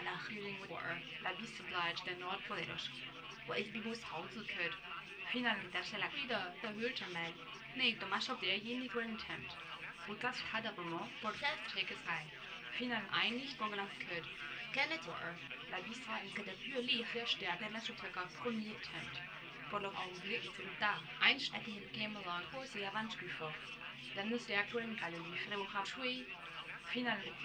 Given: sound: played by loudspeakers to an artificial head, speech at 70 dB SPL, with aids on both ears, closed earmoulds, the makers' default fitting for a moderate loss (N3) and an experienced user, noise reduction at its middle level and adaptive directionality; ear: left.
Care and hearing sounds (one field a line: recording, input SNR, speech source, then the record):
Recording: speech test signal (ISTS) in cocktail-party noise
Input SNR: +9 dB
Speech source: on the right (90 degrees)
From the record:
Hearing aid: class 2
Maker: F